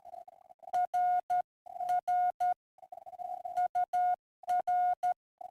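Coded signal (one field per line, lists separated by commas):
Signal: Morse code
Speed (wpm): 14 wpm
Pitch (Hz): 720 Hz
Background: none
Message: RR UR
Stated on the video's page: Straight key sprint CW contest, sent with straight keys, from a park activation.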